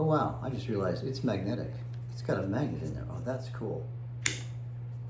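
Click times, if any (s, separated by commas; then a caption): 4.3 s. A MagicShine EVO 1700 Pro bike light is locked into its plastic handlebar mount by moving the lock lever while someone talks over a steady low hum. A single sharp click at 4.3 s marks the mount lock snapping shut, and the light is seated.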